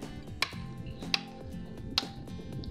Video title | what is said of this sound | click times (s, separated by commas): How to Install Cartridges in a Thermo Scientific Barnstead E-Pure Water Purification System | lock it into place three clicks and do that with your third one | 0.4 s, 1.1 s, 2.0 s